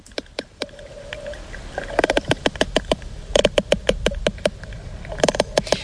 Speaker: Ouais, c'est une discussion de cachalot.